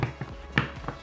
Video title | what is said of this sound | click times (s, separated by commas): ✌️🏍️✌️ #7 Projet " HONDA VFR 1200" (Episode 7) ✌️🏍️✌️ | doit pas forcer voilà ça se clipse et ça vient se mettre tout seul voilà | 0.6 s